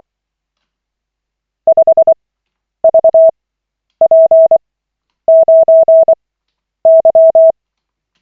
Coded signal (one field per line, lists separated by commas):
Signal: Morse code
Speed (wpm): 24 wpm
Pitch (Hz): 650 Hz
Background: none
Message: 5VP9Y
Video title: Koch 28/40, 20.03.2025, CW practice session